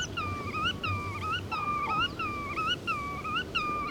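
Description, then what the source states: Black-tailed godwit song, a wavering whistle repeated several times in quick succession, over faint low background noise. Song rendered as 'vereten, vereten', the source of the bird's Russian name.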